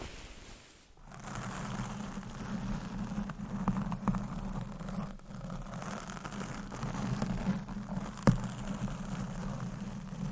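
Scratching and rubbing across a mic make a dense, steady rushing texture with a low hum underneath, after a brief near-silent dip around the first second. Scattered sharp taps land at irregular moments, the loudest just past eight seconds.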